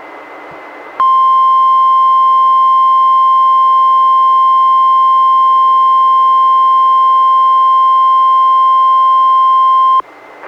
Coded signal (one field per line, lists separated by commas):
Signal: Emergency Alert System (SAME) tones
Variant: 1050 Hz attention tone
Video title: EAS #272-273: 2 NWR Required Weekly Tests- Oct. 10-17, 2018